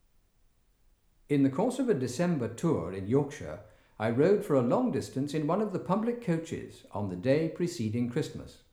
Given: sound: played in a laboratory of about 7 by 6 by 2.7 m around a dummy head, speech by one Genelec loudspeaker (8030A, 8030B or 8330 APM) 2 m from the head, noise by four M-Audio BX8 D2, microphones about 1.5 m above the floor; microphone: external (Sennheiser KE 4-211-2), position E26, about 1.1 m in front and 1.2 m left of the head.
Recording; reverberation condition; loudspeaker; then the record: male speech in English; medium; 30 degrees to the left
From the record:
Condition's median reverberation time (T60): about 510 ms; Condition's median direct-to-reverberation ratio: about -0.5 dB